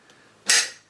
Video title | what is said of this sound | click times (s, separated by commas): BCA AR15 complete 7 in. pistol upper receiver overview | Yeah, that snap right in there. | 0.5 s